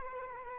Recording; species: mosquito wingbeat signal from an infrared sensor; Culex quinquefasciatus